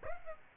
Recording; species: mosquito wingbeat signal from an infrared sensor; Aedes aegypti